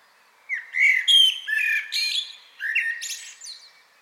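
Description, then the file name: Common blackbird song: mellow fluted warbling notes, then a second phrase breaking into high, squeaky twittering. "Turdus merula"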